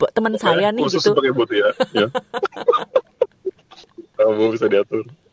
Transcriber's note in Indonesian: tertawa